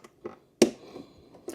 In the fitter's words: both are clicked and secured.